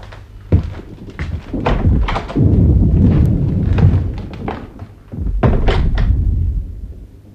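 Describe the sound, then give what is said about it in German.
Cannon fire booms in an irregular series of heavy, deep thuds, about eight or nine blasts over several seconds, with a low rumbling roll filling the gaps between them. “Dieser Kanonendonner.”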